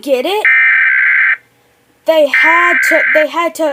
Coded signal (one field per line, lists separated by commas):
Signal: Emergency Alert System (SAME) tones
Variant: header bursts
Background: speech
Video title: The National EAS Test of 10/4/23